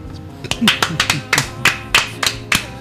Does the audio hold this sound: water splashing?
no